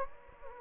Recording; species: mosquito wingbeat signal from an infrared sensor; Anopheles gambiae